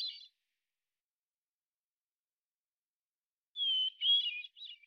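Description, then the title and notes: Hermit thrush: the tail of one phrase, then after a pause a full phrase of a sustained whistle sliding into wavering, liquid, fluted notes. Single individual singing a song sequence ending with a block of basic phonemes and variants, at natural pace and rhythm; Pacific Northwest, Washington, United States. "Hermit Thrush, Catharus guttatus, individual performance, song sequence with an end block of example 8 basic phonemes and variants, isolated from original, natural pace and rhythm maintained Recorded in the beautiful Pacific Northwest, Washington, United States"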